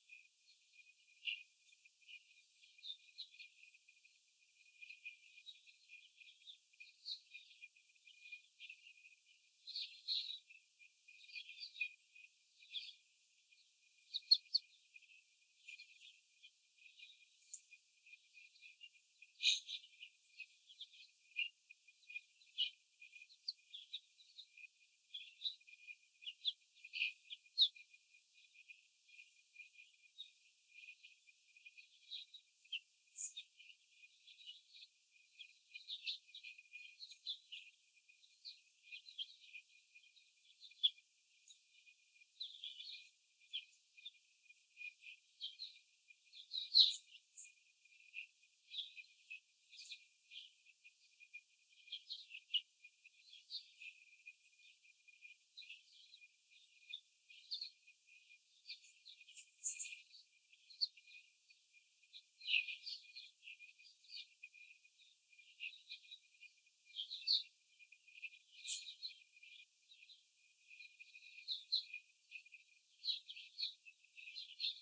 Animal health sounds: young laying hens in a cage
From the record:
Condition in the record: after the stressor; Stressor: simulated dog barking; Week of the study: 4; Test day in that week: 3

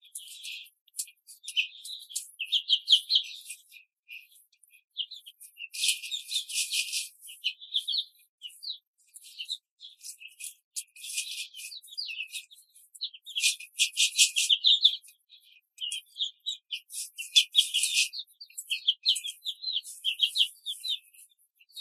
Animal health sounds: young laying hens in a cage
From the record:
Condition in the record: control cage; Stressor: none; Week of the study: 5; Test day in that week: 1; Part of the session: 3

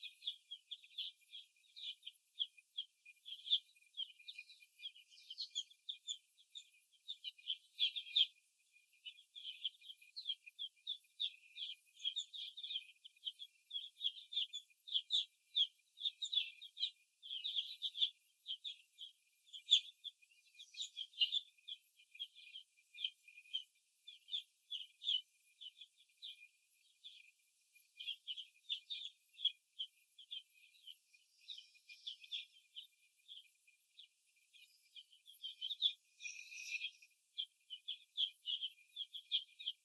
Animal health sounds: young laying hens in a cage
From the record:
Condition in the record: after the stressor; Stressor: simulated dog barking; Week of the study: 1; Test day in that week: 2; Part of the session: 2

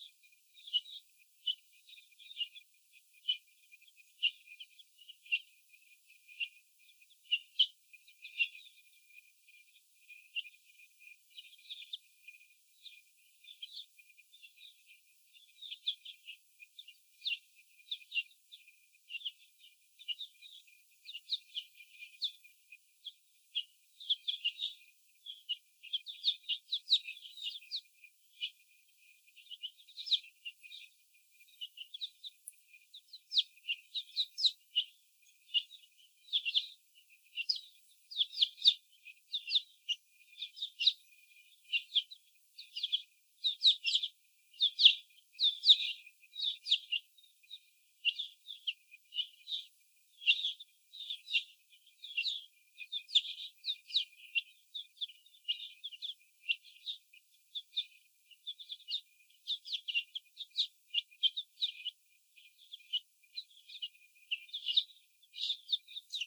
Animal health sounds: young laying hens in a cage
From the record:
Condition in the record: before the stressor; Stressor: sudden umbrella opening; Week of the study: 2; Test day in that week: 1

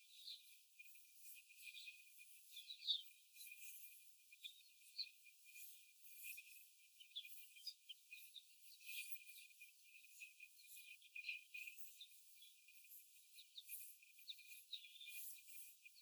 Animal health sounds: young laying hens in a cage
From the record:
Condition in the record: after the stressor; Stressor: simulated dog barking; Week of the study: 4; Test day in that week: 1

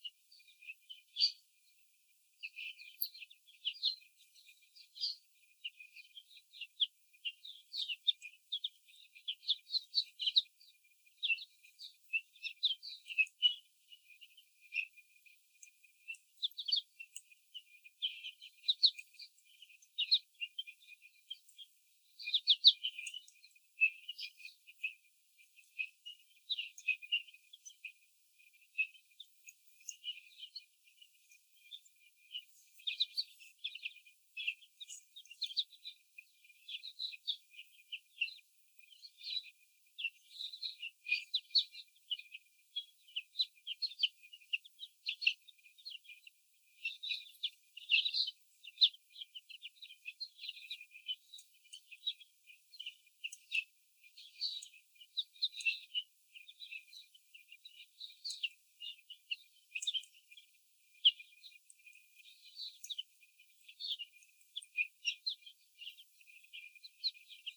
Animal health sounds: young laying hens in a cage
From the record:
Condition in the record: before the stressor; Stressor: sudden umbrella opening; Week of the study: 3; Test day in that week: 2

